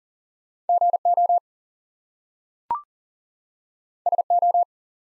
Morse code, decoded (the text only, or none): GO SO